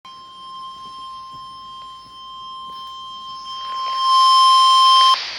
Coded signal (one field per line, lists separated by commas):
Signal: Emergency Alert System (SAME) tones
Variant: 1050 Hz attention tone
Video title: Severe Thunderstorm Warning (EAS #189)